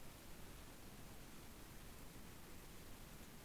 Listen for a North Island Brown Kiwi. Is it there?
no